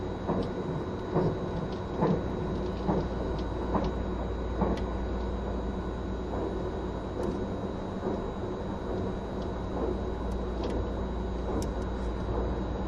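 Running noise of a vehicle, a steady, dense low rumble that holds level throughout. Soft knocks recur about once a second, like wheels over joints, with a faint constant high whine and occasional small ticks and squeaks on top.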